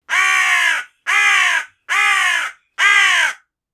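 Crow cawing: four loud, harsh, drawn-out caws, each about two-thirds of a second, spaced roughly evenly with brief silent gaps.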